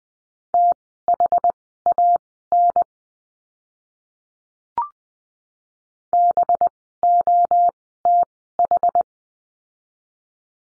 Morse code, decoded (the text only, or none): THAN BOTH